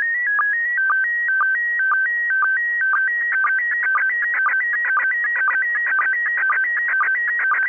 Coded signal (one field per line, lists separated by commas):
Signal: SSTV (slow-scan television)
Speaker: that audio that you just heard should be able to decode that photograph that we just watched download